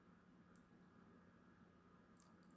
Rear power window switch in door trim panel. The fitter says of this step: once you get the last one it should pop out